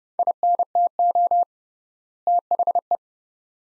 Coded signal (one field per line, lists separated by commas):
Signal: Morse code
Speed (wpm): 30 wpm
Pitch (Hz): 700 Hz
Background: none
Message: INTO THE